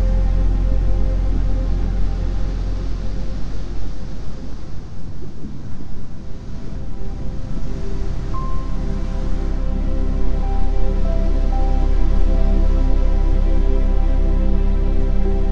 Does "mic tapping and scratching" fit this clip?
no